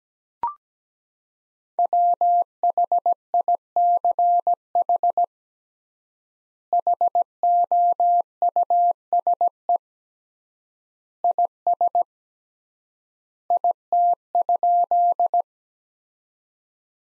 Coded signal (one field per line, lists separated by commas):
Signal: Morse code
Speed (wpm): 17 wpm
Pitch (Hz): 700 Hz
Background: none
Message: WHICH HOUSE IS IT?